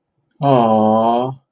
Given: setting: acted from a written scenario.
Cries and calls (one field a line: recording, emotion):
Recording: vocal sound without words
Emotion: adoration